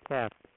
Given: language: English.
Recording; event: throat vibration sensor signal played as sound; speech